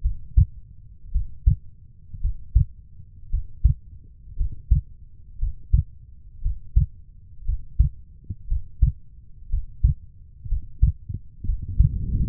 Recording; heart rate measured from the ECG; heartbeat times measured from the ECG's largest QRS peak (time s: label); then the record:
heart sounds by stethoscope; 58 bpm
0.01 s: heartbeat
1.11 s: heartbeat
2.20 s: heartbeat
3.29 s: heartbeat
4.36 s: heartbeat
5.38 s: heartbeat
6.41 s: heartbeat
7.44 s: heartbeat
8.47 s: heartbeat
9.49 s: heartbeat
10.47 s: heartbeat
11.44 s: heartbeat
From the record:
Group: healthy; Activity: Valsalva maneuver 0-9 s, rest 9-12 s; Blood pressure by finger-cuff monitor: 98/67 mmHg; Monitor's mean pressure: 76 mmHg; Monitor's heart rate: 58 bpm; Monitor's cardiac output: 4.4 L/min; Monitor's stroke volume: 78 mL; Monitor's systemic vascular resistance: 1260 dyn s/cm5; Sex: female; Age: 23 years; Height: 160 cm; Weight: 50.4 kg